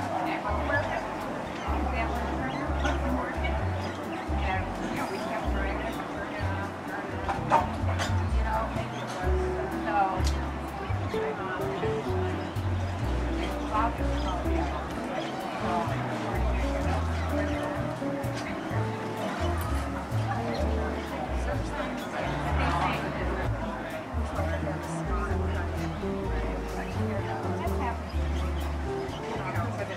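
Seaside cafe ambience with steady overlapping chatter from many voices filling the whole clip. A low rumbling wash runs underneath throughout, and small clinks and taps of cups and dishes break through every few seconds. Loudness stays even from start to finish.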